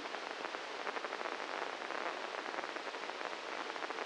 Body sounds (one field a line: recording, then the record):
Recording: brain microelectrode recording played as sound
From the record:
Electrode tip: inside the subthalamic nucleus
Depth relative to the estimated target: -1 mm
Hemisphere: left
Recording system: NeuroSet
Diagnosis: Parkinson's disease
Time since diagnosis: 9 years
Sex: male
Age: 56 years